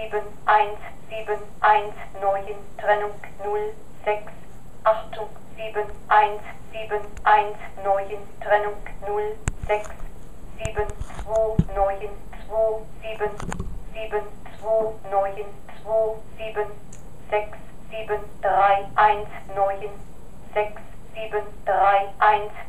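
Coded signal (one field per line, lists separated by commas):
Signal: numbers station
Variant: German female voice, Achtung format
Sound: german woman reading 'Achtung', then groups of numbers in steady even rhythm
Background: small room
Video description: Here's the actual machine behind all the various East-German numbers stations.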